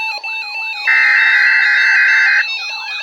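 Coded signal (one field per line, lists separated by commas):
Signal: Emergency Alert System (SAME) tones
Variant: header bursts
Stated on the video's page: Seven EAS headers from Environment Canada.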